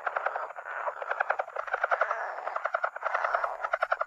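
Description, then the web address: Lowland leopard frog calls in rapid pulsed chuckling bursts, runs of clicks with brief gaps, steady background whine. North America. "Songs of Frogs Toads of North America. Lowland Leopard Frog"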